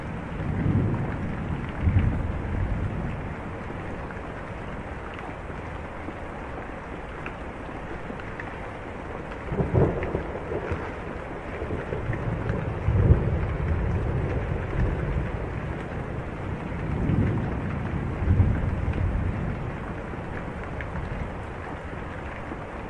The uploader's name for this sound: Heavy Rain & Thunder on Porch Next to an Open Field